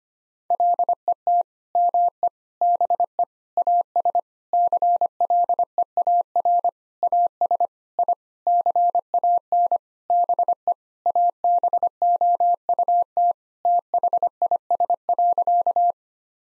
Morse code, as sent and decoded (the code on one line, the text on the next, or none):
.-.. . - / -- . / -... . / .- ... / -.-. .-.. . .- .-. / .- ... / .. / -.-. .- -. / -... . / .- -... --- ..- - / - .... .. ... .-.-.-
LET ME BE AS CLEAR AS I CAN BE ABOUT THIS.